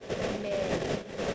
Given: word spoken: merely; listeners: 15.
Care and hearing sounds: one English word in noise, from a listening test; noise modulated by three-talker babble; -3.8 dB; 1 of 15; 8 of 15; 0.94 s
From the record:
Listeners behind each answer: 8, 1, 1, 1, 1, 1, 1, 1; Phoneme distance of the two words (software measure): 14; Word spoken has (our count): 2 syllables, 4 phonemes, stress on syllable 1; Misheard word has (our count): 1 syllable, 2 phonemes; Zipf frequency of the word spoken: 3.83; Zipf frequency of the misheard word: 3.82

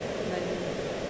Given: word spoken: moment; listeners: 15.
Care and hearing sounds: one English word in noise, from a listening test; speech-shaped noise; -5.6 dB; 2 of 15; 6 of 15; 0.70 s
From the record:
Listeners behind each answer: 6, 2, 1, 1, 1, 1, 1, 1, 1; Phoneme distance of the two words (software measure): 41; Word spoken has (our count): 2 syllables, 6 phonemes, stress on syllable 1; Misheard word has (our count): 2 syllables, 5 phonemes, stress on syllable 1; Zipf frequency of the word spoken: 5.57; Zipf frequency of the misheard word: 4.35

